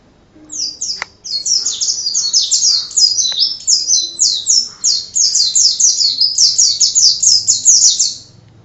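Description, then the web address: White-eye song, a long, rapid series of high, sharply descending notes repeated many times in a rolling stream with a few faint clicks. Song in the ngerol style; recording used as tutor audio for training birds. "pleci-ngerol masteran pleci"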